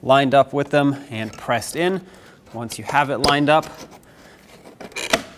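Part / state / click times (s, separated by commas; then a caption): plastic mirror cap push clips into truck side mirror housing / partly seated / 5.1 s. Someone talks while a plastic mirror cap with four push clips is lined up with the four holes in the side mirror housing of a 2009-2014 Ford F-150 and tapped on. A couple of light knocks around 4.8 s lead to a sharp snap at 5.1 s. The cap is only partly seated: it was not mounted flush and still has to be pressed further until it sits flush.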